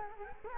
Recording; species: mosquito wingbeat signal from an infrared sensor; Culex quinquefasciatus